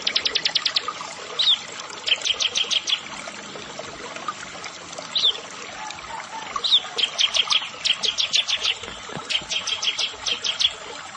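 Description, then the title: Bar-winged prinia song: fast trains of sharp high ticking notes in bursts of about a second, separated by short chirps, repeated over a soft background hiss. "Ciblek Sawah"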